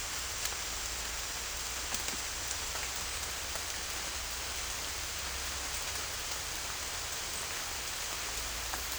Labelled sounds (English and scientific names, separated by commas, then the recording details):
none
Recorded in secondary vegetation near Puerto Asís, Putumayo, Colombia, on 21 December 2024 at 07:30
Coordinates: 0.484, -76.319
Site GP06